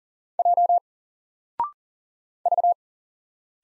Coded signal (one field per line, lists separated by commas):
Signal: Morse code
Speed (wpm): 40 wpm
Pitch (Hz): 700 Hz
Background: none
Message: J V